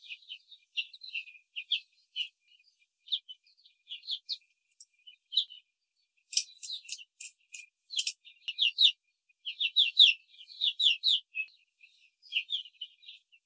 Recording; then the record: young laying hens in a cage, short pieces joined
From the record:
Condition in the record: control cage, before the stress test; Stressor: none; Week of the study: 4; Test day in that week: 1